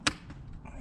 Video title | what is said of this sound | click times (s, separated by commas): Ford Focus Mk2: How to remove and replace the door cards | Ensure that each clip clicks into place properly. | 0.1 s